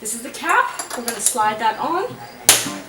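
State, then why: Seated. A decorative cap is slid onto a faucet handle while someone talks, and it snaps home with a sharp click at 2.5 s. The cap is seated on the handle.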